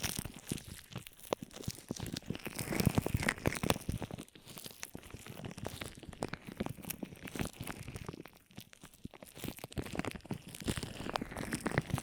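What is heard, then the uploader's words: Ear massage sounds made of dense, rapid crinkling and crunching rubs that crackle continuously across a bright, full range. Bursts of scratchy friction rise and ease, with brief thinner lulls near four and eight seconds before the rubbing resumes. ASMR 10 Ear Massages for Sleep (No Talking).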